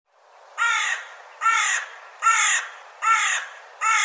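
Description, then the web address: Bird giving harsh cawing calls, five evenly spaced caws roughly every 0.8 seconds, each rough and buzzy. "cianscape birddata Deverinetal 2025 File cleaned normalized Bird"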